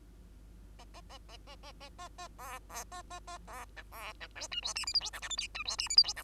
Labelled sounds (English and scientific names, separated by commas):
Bengalese Finch (Lonchura striata domestica) song